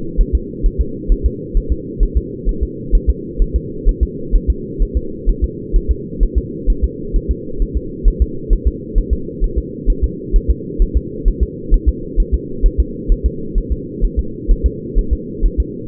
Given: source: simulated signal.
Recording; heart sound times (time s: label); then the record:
fetal heart sounds
0.21 s: S1
0.35 s: S2
0.66 s: S1
0.81 s: S2
1.12 s: S1
1.26 s: S2
1.57 s: S1
1.72 s: S2
2.03 s: S1
2.17 s: S2
2.49 s: S1
2.63 s: S2
2.95 s: S1
3.09 s: S2
3.42 s: S1
3.56 s: S2
3.89 s: S1
4.03 s: S2
4.36 s: S1
4.50 s: S2
4.82 s: S1
4.97 s: S2
5.29 s: S1
5.44 s: S2
5.76 s: S1
5.91 s: S2
6.23 s: S1
6.38 s: S2
6.70 s: S1
6.84 s: S2
7.16 s: S1
7.31 s: S2
7.62 s: S1
7.77 s: S2
8.08 s: S1
8.22 s: S2
8.53 s: S1
8.67 s: S2
8.98 s: S1
9.13 s: S2
9.44 s: S1
9.58 s: S2
9.90 s: S1
10.04 s: S2
10.36 s: S1
10.50 s: S2
10.82 s: S1
10.97 s: S2
11.28 s: S1
11.43 s: S2
11.74 s: S1
11.89 s: S2
12.20 s: S1
12.34 s: S2
12.66 s: S1
12.80 s: S2
13.12 s: S1
13.26 s: S2
13.58 s: S1
13.72 s: S2
14.04 s: S1
14.19 s: S2
14.51 s: S1
14.66 s: S2
14.98 s: S1
15.13 s: S2
15.45 s: S1
15.60 s: S2
From the record:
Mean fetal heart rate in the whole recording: 130 bpm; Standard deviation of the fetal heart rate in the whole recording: 2 bpm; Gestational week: 38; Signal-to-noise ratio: -4.3 dB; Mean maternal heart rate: 72 bpm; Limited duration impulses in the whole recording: absent